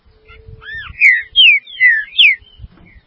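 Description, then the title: Green-winged saltator singing four loud, clear downslurred whistles in quick succession, with faint rustling below. "Trinca Ferro"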